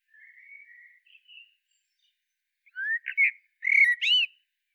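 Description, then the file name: Common blackbird: a soft fluted warble, then louder whistles finishing in a squeaky, tumbling high flourish. "Turdus merula"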